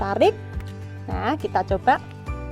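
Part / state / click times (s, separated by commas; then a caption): lancing pen plunger cocking into its spring latch / not seated / none. Before a blood-type test, the plunger of a blood-lancing pen is being pulled back to cock it against its spring latch while someone talks over background music. The pen has not latched or clicked yet in this clip.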